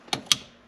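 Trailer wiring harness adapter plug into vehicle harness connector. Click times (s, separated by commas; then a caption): 0.3 s. A plastic trailer-wiring harness adapter plug from a trailer hitch wiring kit is pushed into the vehicle harness connector on a 2014–2019 Toyota Highlander. A softer sharp tick at 0.1 s is followed by a louder, crisp plastic click at 0.3 s. The connector is seated.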